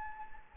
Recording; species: mosquito wingbeat signal from an infrared sensor; Anopheles gambiae